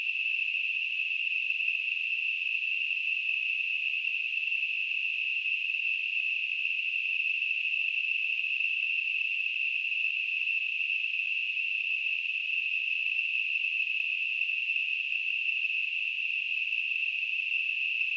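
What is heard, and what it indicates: A steady, unchanging high-pitched hiss centred near 2.7 kHz, with no low sound and no pauses over 18 seconds. It is simulated tinnitus, a constant narrow-band ringing or hissing noise, imitating what a person with tinnitus perceives.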